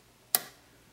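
The regulator knob on a Black Rifle Arms CAPS piston system's rifle gas block is pulled out, released and turned until its interlocking teeth drop into the normal setting and lock it. A single sharp, bright click sounds at 0.4 s and fades quickly against near silence. The knob is seated in the normal setting.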